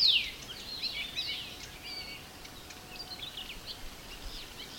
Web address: multi voiced bird singing in the spring aspen forest